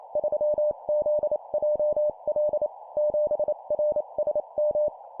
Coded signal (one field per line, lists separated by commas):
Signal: Morse code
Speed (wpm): 28 wpm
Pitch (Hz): 600 Hz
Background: none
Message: 3ZJL 7RSM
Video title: 25wpm Four letter words number,letter,letter,letter, CW morse code Copy Speed improvement